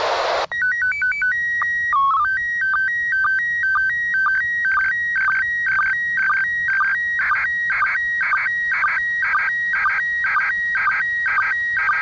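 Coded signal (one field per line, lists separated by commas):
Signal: SSTV (slow-scan television)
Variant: PD 120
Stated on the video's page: SSTV image transmitted from the space station and recorded as audio.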